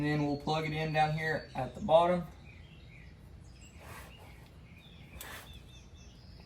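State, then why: Seated. Someone talks briefly, then over quiet outdoor background with faint bird chirps, the locker wiring's electrical connector on a Jeep JL/JT Rubicon is plugged into the axle locker actuator harness down at the bottom of the axle. A short, sharp snap at 5.2 s marks the connector seating.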